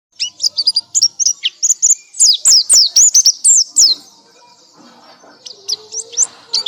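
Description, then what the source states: Nightingale song of quick sweeping whistles, loudest in a burst of slurred notes in the middle, then trailing into quieter, scattered chirps. Masteran recording, made for bird keepers to play to their birds so they learn to sing melodiously.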